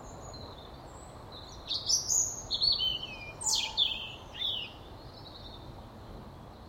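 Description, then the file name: European robin sings one varied phrase of high, thin whistles and quick down-slurred notes, starting after quiet, then trailing off into soft hiss. "Erithacus rubecula"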